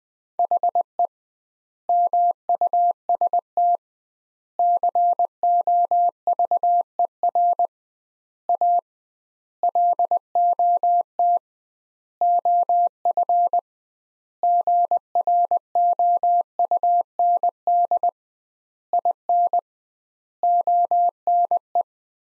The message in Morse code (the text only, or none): HE MUST COVER A LOT OF GROUND IN ONE